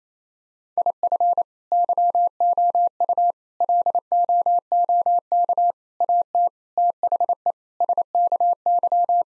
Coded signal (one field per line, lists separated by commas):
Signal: Morse code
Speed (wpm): 28 wpm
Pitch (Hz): 700 Hz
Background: none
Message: IF YOU LOOK AT THE SKY